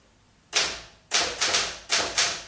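Five loud, sharp key strikes on a Remington typewriter, typing a type sample, at an uneven pace, each a crisp metallic clack with a short ringing tail, alone with no voices.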